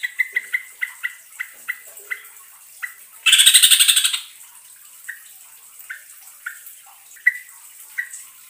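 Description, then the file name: Yellow-vented Bulbul song: a series of sharp chirps, broken once by a loud buzzy roll lasting about a second. Song in the rapid 'ropelan' style with a long rolling trill ('ngerol panjang'). "suara trucukan ropelan ngerol panjang"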